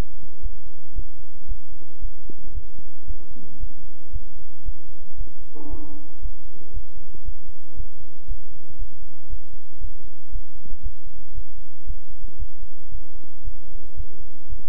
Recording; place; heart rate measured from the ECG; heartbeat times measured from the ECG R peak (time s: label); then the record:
heart sounds by stethoscope; between the tricuspid and mitral areas; 115 bpm
0.41 s: heartbeat
0.94 s: heartbeat
1.46 s: heartbeat
1.99 s: heartbeat
2.53 s: heartbeat
3.05 s: heartbeat
3.58 s: heartbeat
4.11 s: heartbeat
4.63 s: heartbeat
5.16 s: heartbeat
5.68 s: heartbeat
6.20 s: heartbeat
6.72 s: heartbeat
7.23 s: heartbeat
7.75 s: heartbeat
8.26 s: heartbeat
8.76 s: heartbeat
9.28 s: heartbeat
9.79 s: heartbeat
10.30 s: heartbeat
10.81 s: heartbeat
11.33 s: heartbeat
11.85 s: heartbeat
12.37 s: heartbeat
12.89 s: heartbeat
13.42 s: heartbeat
13.95 s: heartbeat
14.47 s: heartbeat
From the record:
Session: bicycle stress test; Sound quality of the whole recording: good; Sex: male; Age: 26 years